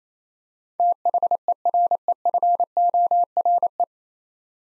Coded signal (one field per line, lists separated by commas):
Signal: Morse code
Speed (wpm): 27 wpm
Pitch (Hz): 700 Hz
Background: none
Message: THEREFORE